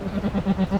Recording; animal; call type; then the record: contact call of a hoofed animal; goat; low-frequency (closed-mouth) or high-frequency (open-mouth) call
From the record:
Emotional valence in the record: negative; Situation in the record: short social isolation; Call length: 0.80 s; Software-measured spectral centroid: 1350 Hz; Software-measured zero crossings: 840 a second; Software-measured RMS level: -23 dBFS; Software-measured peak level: -10 dBFS